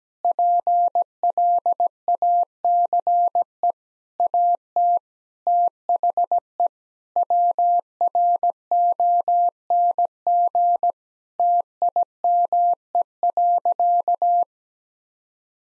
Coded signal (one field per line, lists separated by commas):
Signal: Morse code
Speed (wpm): 17 wpm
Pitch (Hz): 700 Hz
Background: none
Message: PLACE AT THE WRONG TIME.